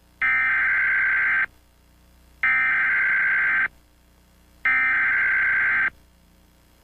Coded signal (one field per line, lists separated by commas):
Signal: Emergency Alert System (SAME) tones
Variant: header bursts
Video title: SMILE - eas scenario @Crewwfoxx @uhhhhbackupacc